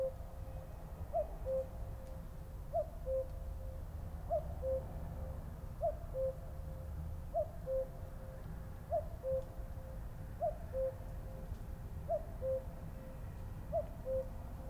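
Cuckoo calling a two-note cu-coo, higher note then lower, repeated steadily about every one and a half seconds over a constant low rumbling background.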